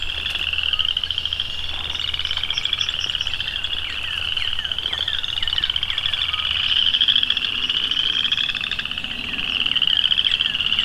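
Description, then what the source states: Chorus frogs in a dense chorus, many overlapping high pulsed trills forming a continuous wash, with faint bird chirps mixed in. Chorus frog chorus loud enough to drown out a song sparrow singing right in front of the recordist.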